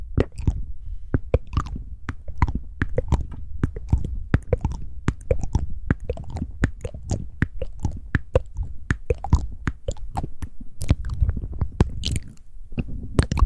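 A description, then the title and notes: Mouth sounds with wet clicks and smacks, tightly packed and fairly quick, each a short sharp snap over a low soft rumble. The pattern runs steadily for the whole stretch, with a brief lull near eleven seconds and a few brighter crisp pops. Tingly Mouth Sounds & Hand Movements.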